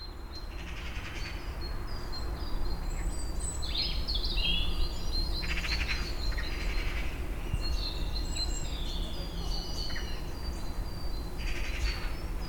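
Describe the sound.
Several birds twittering: scattered high chirps and short whistles throughout, busy overlapping calls above a constant low hum.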